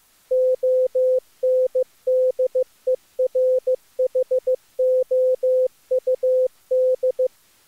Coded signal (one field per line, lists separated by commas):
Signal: Morse code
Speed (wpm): 26 wpm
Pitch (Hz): 510 Hz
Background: none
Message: ONDERHOUD